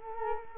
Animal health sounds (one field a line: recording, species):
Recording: mosquito wingbeat signal from an infrared sensor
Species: Culex quinquefasciatus